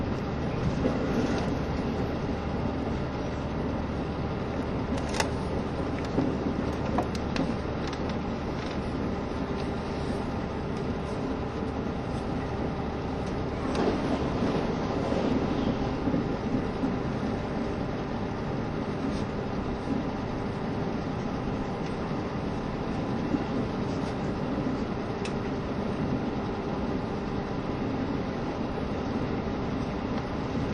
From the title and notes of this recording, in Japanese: 配信は、JR九州キハ72系 ゆふいんの森06号02 うきは～博多です。走行音。